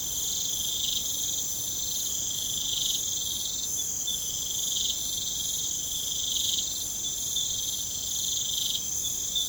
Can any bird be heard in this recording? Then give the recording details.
no. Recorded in pastures near Puerto Asís, Putumayo, Colombia, on 23 June 2025 at 23:30. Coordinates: 0.472, -76.331. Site G095